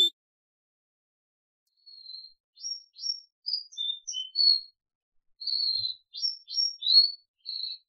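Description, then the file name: Crested canary song, scattered thin whistled notes and short chirps after a quiet spell, then a denser run of phrases. "audio kenari jambul"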